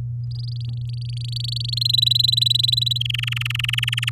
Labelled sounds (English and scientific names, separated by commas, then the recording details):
Domestic Canary (Serinus canaria) song
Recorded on 10 May 2018 at 06:23
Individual llb16